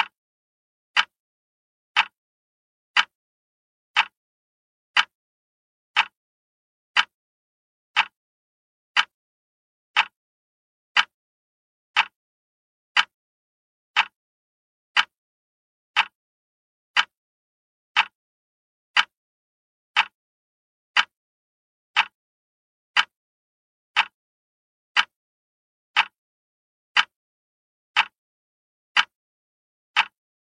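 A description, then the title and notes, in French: An alarm clock ticks steadily, one sharp, bright click every second for the whole half minute. Each tick is crisp and close, often followed by a fainter echo-like click, with complete quiet in between and no other sounds. Tic Tac de réveil.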